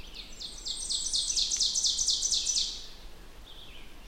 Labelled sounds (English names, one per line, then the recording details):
Ovenbird song
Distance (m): 35 m
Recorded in boreal forest in Alberta, Canada, on 16 June 2016 at 08:09
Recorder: SongMeter 3, array SBT-3-32
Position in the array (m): 157 m, 31 m
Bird 36